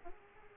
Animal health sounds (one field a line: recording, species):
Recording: mosquito wingbeat signal from an infrared sensor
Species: Aedes aegypti